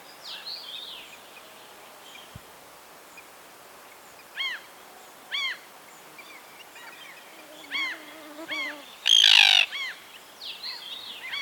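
Common tern calls: scattered sharp arched notes, then a loud harsh rasping cry near the end, with fainter calls behind.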